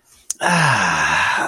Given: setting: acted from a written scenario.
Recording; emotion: vocal sound without words; contentment